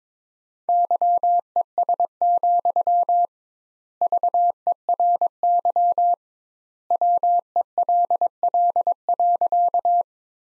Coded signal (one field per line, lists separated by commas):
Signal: Morse code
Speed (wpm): 22 wpm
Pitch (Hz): 700 Hz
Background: none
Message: YES, VERY WELL.